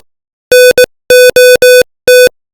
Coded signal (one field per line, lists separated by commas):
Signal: Morse code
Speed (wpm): 18 wpm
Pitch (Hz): 500 Hz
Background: none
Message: NOT